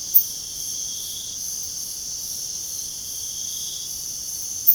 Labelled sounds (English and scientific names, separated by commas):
none